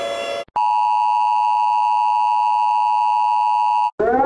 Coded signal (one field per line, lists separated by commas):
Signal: Emergency Alert System (SAME) tones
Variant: 853 and 960 Hz attention tone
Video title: ⚠️Rating EAS (A-Z) #4⚠️